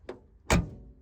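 A lightweight door on a Porsche 964 RS is shut, and its latch catches on the body striker with a loud metallic clang at 0.5 s, after a fainter knock at 0.1 s. The door seats fully closed, and the harsh clang comes from the lack of soundproofing in the doors and the lightweight door cards.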